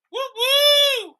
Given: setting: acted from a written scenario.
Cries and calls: vocal sound without words; triumph

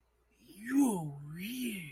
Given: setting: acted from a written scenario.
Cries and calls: vocal sound without words; ecstasy

